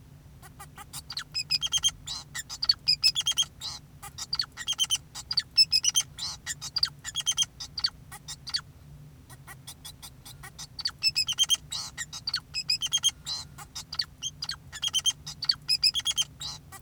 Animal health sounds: song of a male Bengalese finch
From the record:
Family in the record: son of father 2, and himself father 4

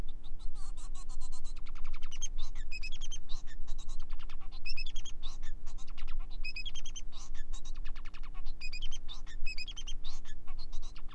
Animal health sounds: song of a male Bengalese finch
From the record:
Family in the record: son of father 4

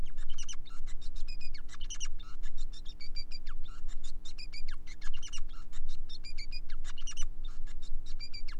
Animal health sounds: song of a male Bengalese finch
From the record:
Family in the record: son of father 5

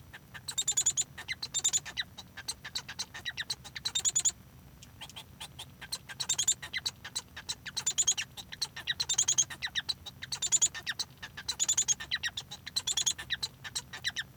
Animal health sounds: song of a male Bengalese finch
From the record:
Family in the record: son of father 1

